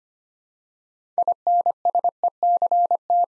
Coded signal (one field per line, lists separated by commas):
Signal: Morse code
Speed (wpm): 25 wpm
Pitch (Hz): 700 Hz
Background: none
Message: INSECT